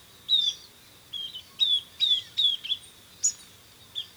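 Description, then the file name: Southern beardless tyrannulet uttering about eight sharp, high, slightly falling whistled notes, spaced unevenly over four seconds, above a light hiss. "Camptostoma obsoletum - Southern Beardless Tyrannulet"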